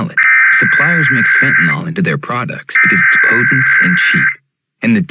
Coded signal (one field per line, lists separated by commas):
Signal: Emergency Alert System (SAME) tones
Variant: header bursts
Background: speech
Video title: Another Round of IPAWS Tests (EAS #619-628) 8/19/24